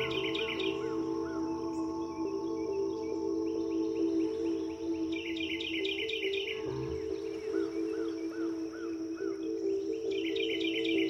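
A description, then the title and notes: Birds sing over a steady, sustained musical drone with a ringing, bowl-like tone around the middle. Bright chirping phrases come in bursts, near the start, around five to six seconds, and again near the end, with softer looping calls between. The sound of the birds singing, accompanied by soothing music.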